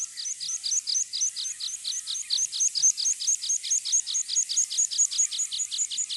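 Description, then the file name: Meadow pipit giving evenly spaced, high, thin chirps in a steady repeated series. "heipipelerke"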